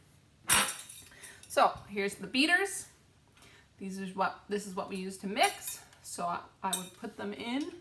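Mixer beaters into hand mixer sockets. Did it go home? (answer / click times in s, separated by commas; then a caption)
no / none. Two metal beaters are handled at the sockets of a hand-held electric mixer while someone talks. Faint metallic clinks sound around 0.9 s and 1.2 s. Nothing has seated or clicked into place yet.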